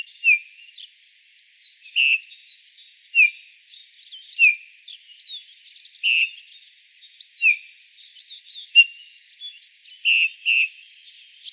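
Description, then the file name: Eurasian bullfinch uttering repeated soft falling piping calls at irregular intervals, one quick pair among them, against busy background twittering of other songbirds. "Pyrrhula pyrrhula"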